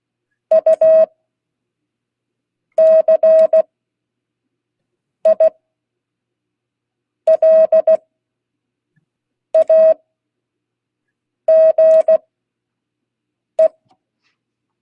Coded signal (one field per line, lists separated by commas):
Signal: Morse code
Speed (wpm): 16 wpm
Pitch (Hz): 640 Hz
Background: none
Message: UCILAGE